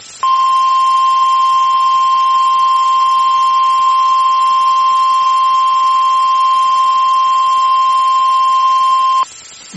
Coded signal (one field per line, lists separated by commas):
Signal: Emergency Alert System (SAME) tones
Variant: 1050 Hz attention tone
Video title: The Dixie Alley Terror| EAS #52-#56